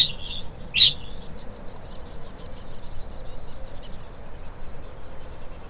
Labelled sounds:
Kākāpō (Strigops habroptilus) ching call
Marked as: faintness 2/5
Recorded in New Zealand
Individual Stumpy

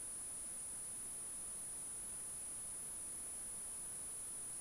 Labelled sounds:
North Island Brown Kiwi (Apteryx mantelli) male call
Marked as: faintness 5/5
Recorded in New Zealand on 14 February 2012
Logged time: 02:13
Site DH65

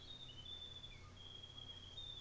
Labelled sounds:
New Zealand Fantail (Rhipidura fuliginosa)
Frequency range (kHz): New Zealand Fantail (Rhipidura fuliginosa) 5.3-7.4 kHz
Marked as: faintness 5/5
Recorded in New Zealand on 24 December 2018
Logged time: 13:05

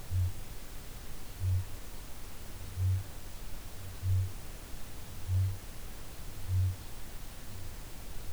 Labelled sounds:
Kākāpō (Strigops habroptilus) boom
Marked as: faintness 3/5
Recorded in New Zealand
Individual Ben

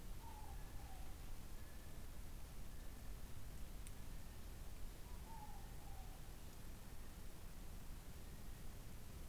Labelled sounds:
North Island Brown Kiwi (Apteryx mantelli) male call
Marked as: faintness 5/5
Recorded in New Zealand on 14 December 2015
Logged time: 00:43
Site CG68

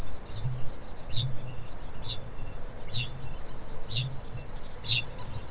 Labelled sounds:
Kākāpō (Strigops habroptilus) ching call
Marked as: faintness 3/5
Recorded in New Zealand
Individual Stumpy

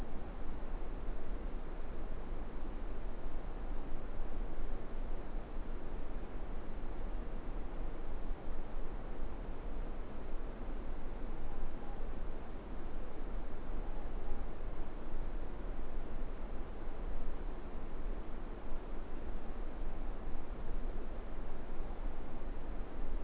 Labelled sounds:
Morepork (Ninox novaeseelandiae) more-pork call
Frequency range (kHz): Morepork (Ninox novaeseelandiae) 0.5-1.0 kHz
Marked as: faintness 5/5
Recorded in New Zealand
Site Eglinton

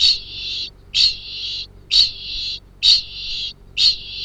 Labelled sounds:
Kākāpō (Strigops habroptilus) ching call
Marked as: faintness 1/5
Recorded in New Zealand
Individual Arab

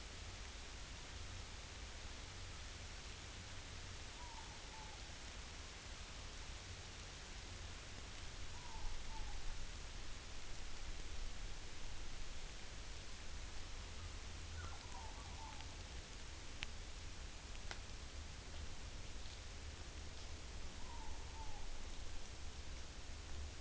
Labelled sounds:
Morepork (Ninox novaeseelandiae) more-pork call
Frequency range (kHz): Morepork (Ninox novaeseelandiae) 0.7-1.2 kHz
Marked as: faintness 4/5
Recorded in New Zealand on 11 September 2013
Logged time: 02:19
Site Ponui

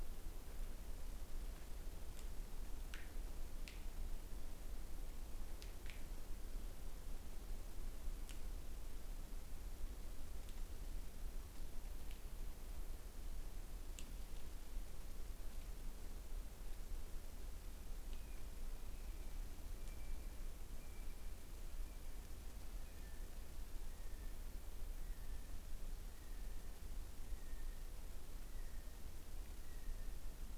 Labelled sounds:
North Island Brown Kiwi (Apteryx mantelli) male call
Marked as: faintness 4/5
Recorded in New Zealand on 20 November 2014
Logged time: 21:29
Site CL78

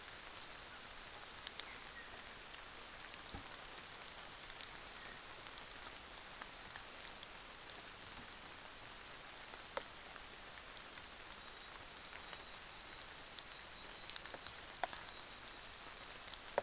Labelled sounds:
North Island Saddleback (Philesturnus rufusater)
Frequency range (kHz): North Island Saddleback (Philesturnus rufusater) 3.6-4.1 kHz
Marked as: faintness 5/5
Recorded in New Zealand on 24 December 2018
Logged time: 06:00

